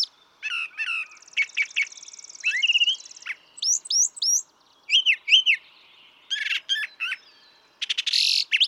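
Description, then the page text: Brown thrasher song: a rapid string of varied phrases, buzzy rattles, clear slurred notes and harsh bursts, many figures given twice before switching, with short pauses between. Same male brown thrasher heard across recordings totalling about three and a quarter hours; his repertoire is estimated at about 1300 songs. "Birdsong for the Curious Naturalist. Brown thrasher"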